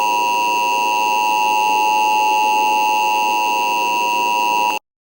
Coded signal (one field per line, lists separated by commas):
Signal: Emergency Alert System (SAME) tones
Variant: 853 and 960 Hz attention tone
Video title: EAs primary point vhs taper 2